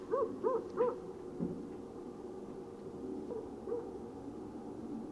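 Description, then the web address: Red fox barking: a quick run of three short, hoarse yaps, then a single faint yap later, over a steady low background hum. Recorded 1 December 2013. "Red Fox 2013 12 01"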